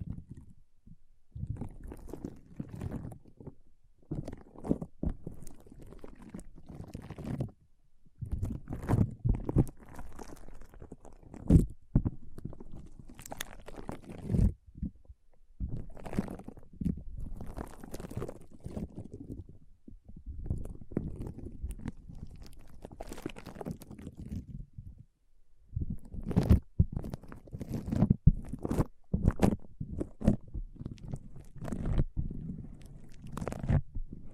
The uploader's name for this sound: ASMR Powerful Foam Brain Massage